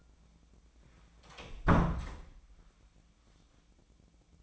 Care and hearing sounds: daily activity, microphone in the room; close door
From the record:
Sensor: 1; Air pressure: 1009.2 hPa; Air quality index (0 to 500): 193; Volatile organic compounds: 4 ppm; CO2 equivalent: 1619 ppm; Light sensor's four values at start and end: 36/96/39/46 and 35/95/39/46

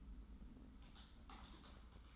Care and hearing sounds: daily activity, microphone in the room; typing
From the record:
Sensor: 3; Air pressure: 994.4 hPa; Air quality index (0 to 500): 205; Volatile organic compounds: 1000 ppm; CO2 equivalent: 6802 ppm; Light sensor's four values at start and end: 86/202/84/80 and 86/202/84/80

